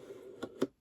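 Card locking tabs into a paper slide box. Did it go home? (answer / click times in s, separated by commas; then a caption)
yes / 0.4 s, 0.6 s. The inner tray of a cardstock slide-and-lock gift box is slid back down, and its folded card locking tabs pop back into place behind the stoppers. Two soft clicks are heard at 0.4 s and 0.6 s, the second slightly louder, over a faint background hum. The tabs are seated and the box is locked.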